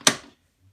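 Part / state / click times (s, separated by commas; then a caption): lid of the pod brewing unit on a pod coffee machine / seated / 0.1 s. After a pod is placed in the brewing unit of a Bosch Tassimo pod coffee machine, the plastic lid is pushed down and locks shut with a single sharp, loud click at 0.1 s. The click rings out briefly and fades by about 0.3 s, followed by a faint low sound near the end. The lid is seated and locked.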